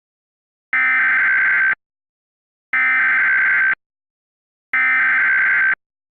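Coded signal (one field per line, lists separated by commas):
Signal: Emergency Alert System (SAME) tones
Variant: header bursts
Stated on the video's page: Fake two-part tornado watch alert using valid SAME tones.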